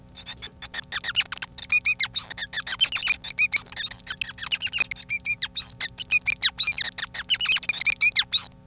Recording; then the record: song of a male Bengalese finch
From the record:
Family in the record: son of father 5